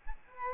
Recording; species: mosquito wingbeat signal from an infrared sensor; Aedes albopictus